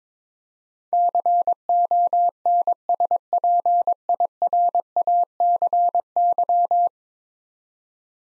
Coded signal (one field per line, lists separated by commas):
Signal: Morse code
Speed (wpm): 22 wpm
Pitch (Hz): 700 Hz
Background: none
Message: CONSPIRACY